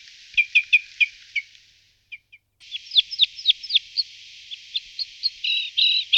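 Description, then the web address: Red crossbill calls, sharp chipping notes in a quick run of about five, then a brief pause and a faster run of clipped calls ending in louder doubled notes. "All the bird songs of Britain and Europe - Jean-Claude Roche. Loxia curvirostra"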